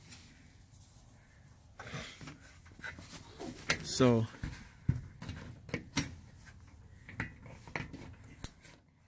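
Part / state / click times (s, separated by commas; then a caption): solar panel cable connector into its mating connector / seated / 8.4 s. Two halves of a weather-sealed solar panel cable connector, each with a plastic housing and an O-ring water seal, are pushed together by hand while someone talks, with handling knocks and rustles throughout. A sharp click at 8.4 s marks the connector locking into its mating half, confirming a proper seated connection.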